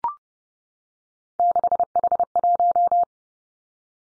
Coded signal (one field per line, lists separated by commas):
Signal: Morse code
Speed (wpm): 30 wpm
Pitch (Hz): 700 Hz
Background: none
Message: 6H1